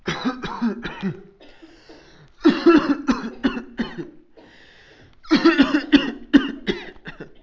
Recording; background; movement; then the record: voluntary coughing; a bystander coughing; sitting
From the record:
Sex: male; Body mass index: 21.0 kg/m2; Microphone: on the chest, facing outward